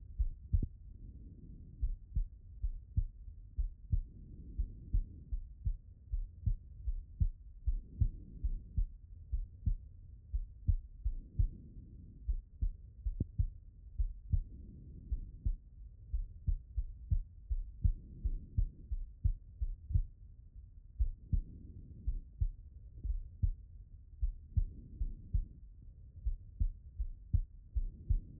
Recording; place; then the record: heart sounds by stethoscope; pulmonary valve (PV)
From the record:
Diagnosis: non-HFrEF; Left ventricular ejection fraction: 62%